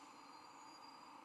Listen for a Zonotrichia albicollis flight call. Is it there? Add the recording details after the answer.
no. No flight call is heard. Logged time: 09:08 on 10 November 2014